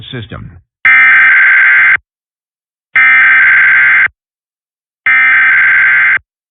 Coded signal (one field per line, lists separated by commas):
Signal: Emergency Alert System (SAME) tones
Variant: header bursts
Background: speech